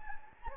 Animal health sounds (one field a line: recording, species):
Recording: mosquito wingbeat signal from an infrared sensor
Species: Anopheles gambiae